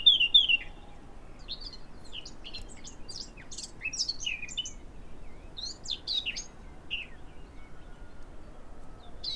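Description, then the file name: Eurasian blackcap song: a pair of clear whistled notes at the start, followed by softer, scratchy, twittering warble phrases. "Sylvia atricapilla"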